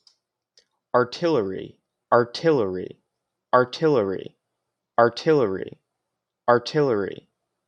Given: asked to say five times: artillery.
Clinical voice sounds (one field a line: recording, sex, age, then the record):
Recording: repeated word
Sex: male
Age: 20 to 29 years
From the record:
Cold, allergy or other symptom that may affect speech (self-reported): no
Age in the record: 24 years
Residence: Maryland, United States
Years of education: 17